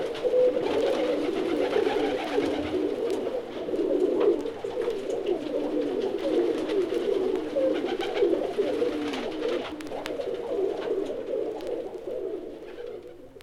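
Pigeons cooing: several overlapping low, soft burbling coos running continuously, with faint rustling and knocks.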